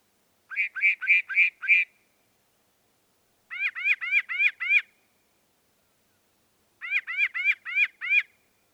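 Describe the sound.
Northern mockingbird song: three bursts of about five repeated notes each, the first set bright and clipped, the next two more swooping.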